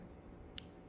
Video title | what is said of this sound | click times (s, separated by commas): Fixing a Sonicare toothbrush | turn it backwards till you feel it click | 0.6 s